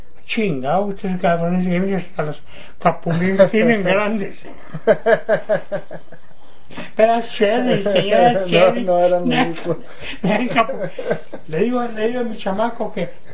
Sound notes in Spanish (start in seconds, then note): 4.3 risas; 8.8 risas